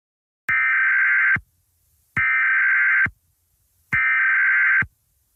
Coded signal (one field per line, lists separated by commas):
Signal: Emergency Alert System (SAME) tones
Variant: header bursts